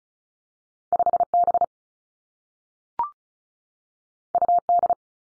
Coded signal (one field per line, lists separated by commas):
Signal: Morse code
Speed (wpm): 36 wpm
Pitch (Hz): 700 Hz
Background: none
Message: 5 B U D